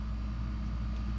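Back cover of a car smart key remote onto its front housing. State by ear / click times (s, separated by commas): not seated / none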